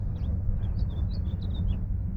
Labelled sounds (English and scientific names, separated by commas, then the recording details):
House Finch (Haemorhous mexicanus) song
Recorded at Breezy Point on Long Island, New York, on 4 June 1975
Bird B